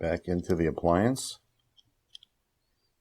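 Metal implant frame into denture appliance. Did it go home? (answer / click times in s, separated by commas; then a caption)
yes / 2.2 s. Someone talks, then the primed metal frame of an implant bridge is pressed back into the acrylic denture appliance. Two short, sharp clicks come in quick succession at about 2.2 s as it snaps in, and the frame is confirmed seated all the way.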